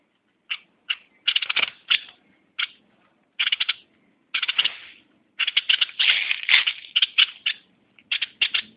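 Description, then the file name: Bulbul delivering rapid, scratchy chattering phrases in bursts of varying length, some longer runs near the end, separated by short silent gaps. "merbah lekir"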